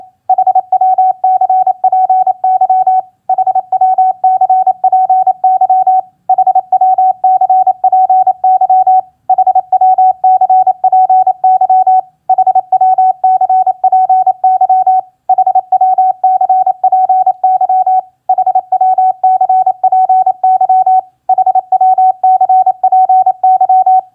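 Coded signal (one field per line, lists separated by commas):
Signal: Morse code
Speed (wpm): 27 wpm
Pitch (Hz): 750 Hz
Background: none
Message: HWCPY HWCPY HWCPY HWCPY HWCPY HWCPY HWCPY HWCPY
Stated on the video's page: Morse practice of common QSO elements at 28 wpm.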